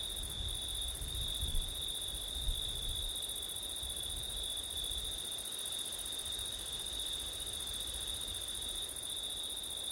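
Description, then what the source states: Crickets trill steadily at a high pitch while low wind rumble gusts through the first few seconds, then eases, leaving the unbroken chorus. Crickets singing on a September night, with wind.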